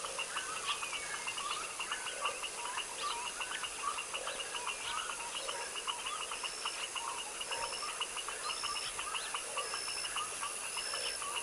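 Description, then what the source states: Foaming frog chorus of many overlapping callers, with repeated short notes and steady pulsing calls over a dense background hiss. Foaming frogs in a chorus in a tropical wetland swamp, recorded in the evening at dusk.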